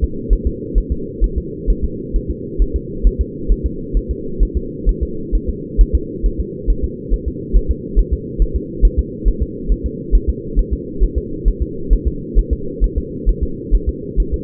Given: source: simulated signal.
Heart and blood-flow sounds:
fetal heart sounds
0.04 s: S2
0.33 s: S1
0.47 s: S2
0.78 s: S1
0.92 s: S2
1.24 s: S1
1.38 s: S2
1.70 s: S1
1.84 s: S2
2.16 s: S1
2.31 s: S2
2.62 s: S1
2.76 s: S2
3.07 s: S1
3.21 s: S2
3.52 s: S1
3.66 s: S2
3.97 s: S1
4.11 s: S2
4.43 s: S1
4.57 s: S2
4.89 s: S1
5.03 s: S2
5.35 s: S1
5.49 s: S2
5.81 s: S1
5.95 s: S2
6.26 s: S1
6.40 s: S2
6.70 s: S1
6.84 s: S2
7.14 s: S1
7.28 s: S2
7.56 s: S1
7.71 s: S2
7.99 s: S1
8.13 s: S2
8.42 s: S1
8.56 s: S2
8.85 s: S1
8.99 s: S2
9.28 s: S1
9.43 s: S2
9.72 s: S1
9.86 s: S2
10.15 s: S1
10.29 s: S2
10.59 s: S1
10.73 s: S2
11.04 s: S1
11.18 s: S2
11.48 s: S1
11.62 s: S2
11.93 s: S1
12.08 s: S2
12.39 s: S1
12.53 s: S2
12.84 s: S1
12.98 s: S2
13.29 s: S1
13.43 s: S2
13.75 s: S1
13.89 s: S2
14.20 s: S1
14.34 s: S2
From the record:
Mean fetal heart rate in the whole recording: 135 bpm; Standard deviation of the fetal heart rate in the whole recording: 3 bpm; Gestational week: 36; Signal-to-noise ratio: -4.3 dB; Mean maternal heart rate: 72 bpm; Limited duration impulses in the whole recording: present

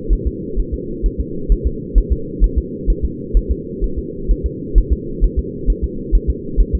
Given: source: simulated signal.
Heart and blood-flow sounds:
fetal heart sounds
0.13 s: S1
0.27 s: S2
0.59 s: S1
0.74 s: S2
1.06 s: S1
1.20 s: S2
1.52 s: S1
1.67 s: S2
1.98 s: S1
2.12 s: S2
2.44 s: S1
2.58 s: S2
2.90 s: S1
3.05 s: S2
3.37 s: S1
3.51 s: S2
3.84 s: S1
3.99 s: S2
4.31 s: S1
4.46 s: S2
4.78 s: S1
4.93 s: S2
5.24 s: S1
5.39 s: S2
5.70 s: S1
5.84 s: S2
6.15 s: S1
6.30 s: S2
6.60 s: S1
6.75 s: S2
From the record:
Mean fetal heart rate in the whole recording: 130 bpm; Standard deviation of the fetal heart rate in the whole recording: 2 bpm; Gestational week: 36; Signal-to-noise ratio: -4.3 dB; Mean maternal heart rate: 72 bpm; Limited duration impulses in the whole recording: absent

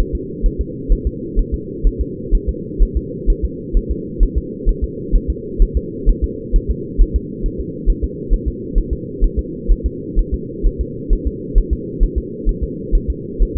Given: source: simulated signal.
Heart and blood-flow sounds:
fetal heart sounds
0.00 s: S1
0.15 s: S2
0.46 s: S1
0.61 s: S2
0.93 s: S1
1.07 s: S2
1.39 s: S1
1.54 s: S2
1.87 s: S1
2.01 s: S2
2.35 s: S1
2.49 s: S2
2.83 s: S1
2.97 s: S2
3.30 s: S1
3.45 s: S2
3.77 s: S1
3.91 s: S2
4.23 s: S1
4.38 s: S2
4.69 s: S1
4.84 s: S2
5.15 s: S1
5.30 s: S2
5.62 s: S1
5.77 s: S2
6.09 s: S1
6.24 s: S2
6.56 s: S1
6.71 s: S2
7.02 s: S1
7.16 s: S2
7.46 s: S1
7.61 s: S2
7.90 s: S1
8.04 s: S2
8.33 s: S1
8.48 s: S2
8.78 s: S1
8.93 s: S2
9.24 s: S1
9.39 s: S2
9.72 s: S1
9.86 s: S2
10.19 s: S1
10.34 s: S2
10.67 s: S1
10.81 s: S2
11.13 s: S1
11.27 s: S2
11.58 s: S1
11.73 s: S2
12.03 s: S1
12.18 s: S2
12.49 s: S1
12.63 s: S2
12.95 s: S1
13.10 s: S2
13.43 s: S1
13.57 s: S2
From the record:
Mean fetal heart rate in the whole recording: 130 bpm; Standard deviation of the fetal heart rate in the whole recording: 4 bpm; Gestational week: 38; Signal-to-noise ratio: -4.1 dB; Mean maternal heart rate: no maternal heart sound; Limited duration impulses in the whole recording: absent

